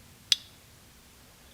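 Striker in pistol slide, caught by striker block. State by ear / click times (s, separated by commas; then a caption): seated / 0.3 s. With the slide removed from a Taurus TX 22 pistol, the metal striker inside the slide is pulled back against its spring. One sharp, bright click sounds at 0.3 s and fades quickly into quiet background. The spring pushes the striker block back into place, and it now holds the striker until the trigger is pressed.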